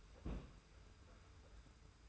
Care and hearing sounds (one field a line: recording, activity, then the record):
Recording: daily activity, microphone in the room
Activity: place on stove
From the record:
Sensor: 2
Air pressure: 991.0 hPa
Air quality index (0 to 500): 110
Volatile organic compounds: 48 ppm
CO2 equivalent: 3264 ppm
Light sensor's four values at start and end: 35/102/40/38 and 35/102/40/38